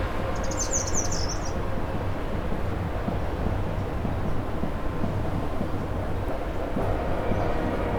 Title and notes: vocalización del Pinchaflor ( Diglossa sittoides ) en la Estación de la Sábana, Bogotá, en el mes de octubre del año 2024